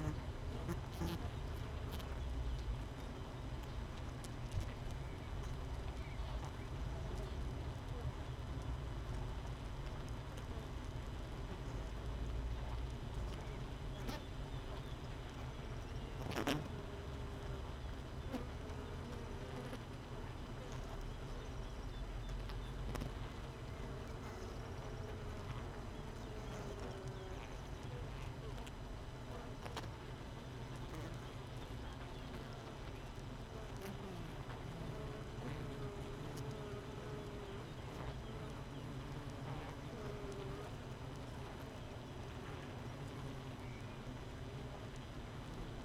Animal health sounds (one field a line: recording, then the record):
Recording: honeybee colony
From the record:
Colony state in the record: missing queen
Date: 31 May 2018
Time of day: 6:37